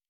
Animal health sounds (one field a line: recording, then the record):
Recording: hydrophone in a shrimp aquaculture tank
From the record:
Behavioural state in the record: normal